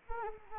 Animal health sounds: mosquito wingbeat signal from an infrared sensor; Anopheles arabiensis

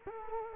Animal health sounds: mosquito wingbeat signal from an infrared sensor; Culex quinquefasciatus

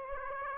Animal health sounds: mosquito wingbeat signal from an infrared sensor; Aedes aegypti

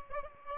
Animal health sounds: mosquito wingbeat signal from an infrared sensor; Aedes aegypti

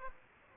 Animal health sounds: mosquito wingbeat signal from an infrared sensor; Aedes aegypti

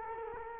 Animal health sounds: mosquito wingbeat signal from an infrared sensor; Culex quinquefasciatus

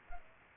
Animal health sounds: mosquito wingbeat signal from an infrared sensor; Aedes aegypti

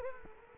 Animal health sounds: mosquito wingbeat signal from an infrared sensor; Culex quinquefasciatus

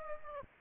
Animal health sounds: mosquito wingbeat signal from an infrared sensor; Aedes aegypti

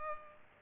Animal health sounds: mosquito wingbeat signal from an infrared sensor; Culex pipiens

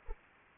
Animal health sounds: mosquito wingbeat signal from an infrared sensor; Anopheles arabiensis

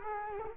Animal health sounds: mosquito wingbeat signal from an infrared sensor; Culex quinquefasciatus

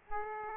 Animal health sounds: mosquito wingbeat signal from an infrared sensor; Aedes aegypti

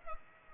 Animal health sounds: mosquito wingbeat signal from an infrared sensor; Culex pipiens

